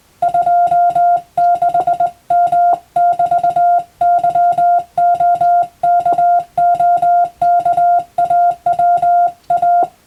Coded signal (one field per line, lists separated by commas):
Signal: Morse code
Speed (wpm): 20 wpm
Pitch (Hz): 700 Hz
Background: music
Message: 26M<BT>YOKOKAWA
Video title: そうだ！今年はYouTubeでモールス信号をマスターしよう！スマホ全盛の今でも行われているモールスの国家試験の練習風景です。アマチュア無線の受信練習にどうぞ(morse code practice )